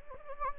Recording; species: mosquito wingbeat signal from an infrared sensor; Anopheles gambiae